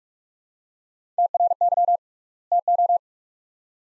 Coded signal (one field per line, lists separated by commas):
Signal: Morse code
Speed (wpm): 45 wpm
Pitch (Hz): 700 Hz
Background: none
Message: TRY TO